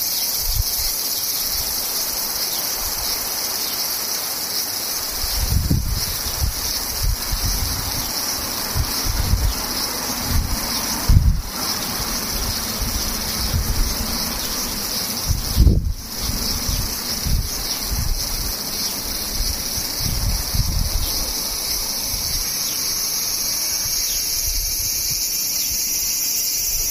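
Cicadas drone in a steady, unbroken high buzz, while low rumbling gusts of wind swell intermittently, strongest around six, eleven and sixteen seconds.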